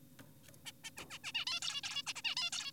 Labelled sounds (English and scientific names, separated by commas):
Zebra Finch (Taeniopygia guttata)